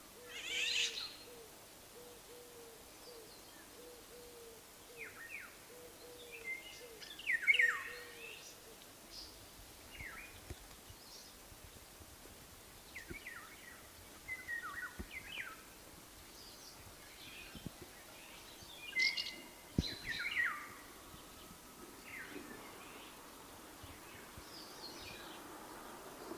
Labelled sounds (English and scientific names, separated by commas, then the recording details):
Eurasian Golden Oriole (Oriolus oriolus)
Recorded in the wild
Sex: male
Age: adult
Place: Russalka, Dobrudsha, BG
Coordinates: 43.4164, 28.5133
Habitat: park
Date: 2005-07-22
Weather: sunny, 23°C
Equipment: Marantz PMD 660, Sennheiser ME 80, K 3 U, Schalter III
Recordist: Frommolt, Karl-Heinz